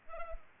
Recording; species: mosquito wingbeat signal from an infrared sensor; Culex pipiens